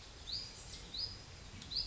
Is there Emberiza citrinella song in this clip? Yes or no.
no